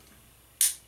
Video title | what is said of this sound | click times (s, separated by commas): Shaving & Talking | and you put the blade on and then you can hear it snap | 0.6 s